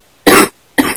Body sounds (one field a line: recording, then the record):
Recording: coughing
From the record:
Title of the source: 30 Chesty and wet cough